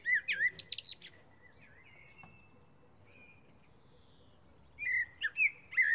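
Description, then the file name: Common blackbird song: a rich warbled phrase with a high twittered tail at the start, a long quiet pause, then another mellow whistled phrase. "Turdus merula"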